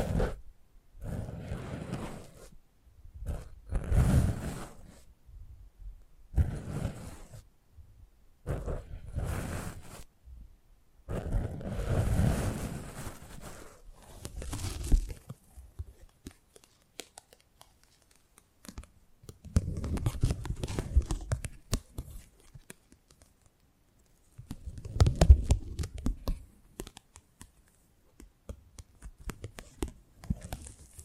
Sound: Close Up Mic Treatment